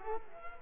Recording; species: mosquito wingbeat signal from an infrared sensor; Culex quinquefasciatus